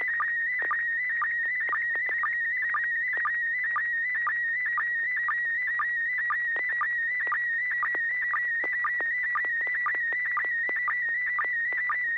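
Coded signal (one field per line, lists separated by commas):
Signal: SSTV (slow-scan television)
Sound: warbling whistle-like tone with rhythmic short low chirps about twice a second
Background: low hum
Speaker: you ready to send us a picture was their tone was tone [Music] [Music]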